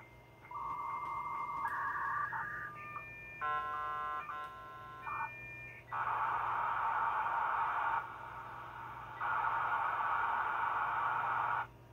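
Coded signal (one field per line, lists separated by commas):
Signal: dial-up modem handshake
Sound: answer tones, warbling multi-tone negotiation, then loud broadband hiss bursts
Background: room hum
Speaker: oh never mind if the modem speaker was muted that's why I thought that there was nothing going on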